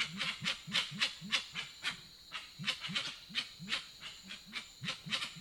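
Grey-winged trumpeter calling in a rapid run of low, rounded hoots, about three or four each second, alongside crisp clicking and a faint steady high tone.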